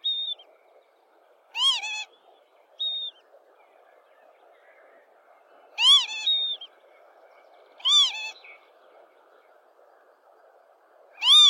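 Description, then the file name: Lapwing producing loud, curved, harmonic-rich calls with a quick tail note, four in sequence, with a few short high whistles over steady background noise. "canto do abibe"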